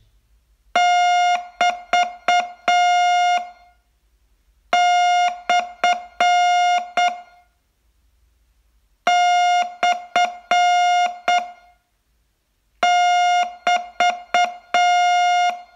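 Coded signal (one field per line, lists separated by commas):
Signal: Morse code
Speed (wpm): 8 wpm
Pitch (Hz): 710 Hz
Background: music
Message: <BT>/ /<BT>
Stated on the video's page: Morse training lesson, day 42 of a 42-day course.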